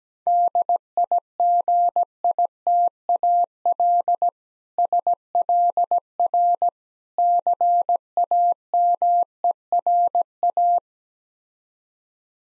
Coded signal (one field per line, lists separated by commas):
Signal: Morse code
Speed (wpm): 17 wpm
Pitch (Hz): 700 Hz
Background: none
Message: DIGITAL SLR CAMERA